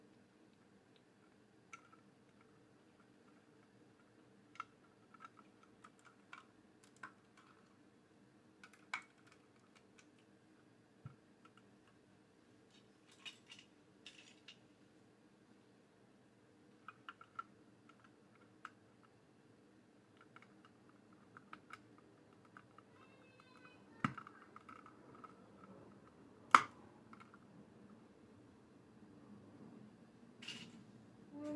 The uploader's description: Building a Lego set